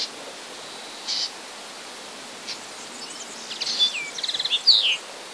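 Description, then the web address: Common linnet twittering: a few isolated high notes, then a quick burst of chattering chirps and short buzzy trills in the last two seconds, over steady hiss. "wroblowe kolekcja makolagwa"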